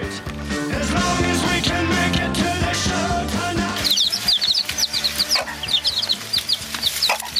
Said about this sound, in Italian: Lo sai come fanno i pulcini? I pulcini? Il pigolio dei pulcini, sai come fanno?